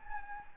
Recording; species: mosquito wingbeat signal from an infrared sensor; Anopheles gambiae